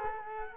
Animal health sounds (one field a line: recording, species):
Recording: mosquito wingbeat signal from an infrared sensor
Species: Culex quinquefasciatus